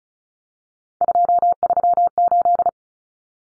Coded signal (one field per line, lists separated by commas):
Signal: Morse code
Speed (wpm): 34 wpm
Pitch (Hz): 700 Hz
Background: none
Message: 238